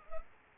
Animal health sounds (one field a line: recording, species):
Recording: mosquito wingbeat signal from an infrared sensor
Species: Culex pipiens